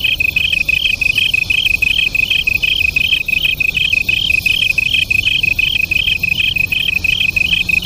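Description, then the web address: Japanese tree cricket song: two overlapping trills, one steady and lower, the other a higher pulsed trill repeated about three times a second, with no other clear sounds. Local name kantan; two crickets singing as a duet. "sikioto insect kantanduet"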